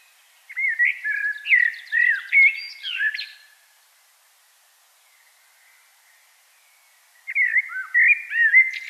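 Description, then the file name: Common blackbird singing two separate phrases of fluting, slurred whistles with chattering high notes, divided by a quiet gap of about four seconds. "Turdus merula"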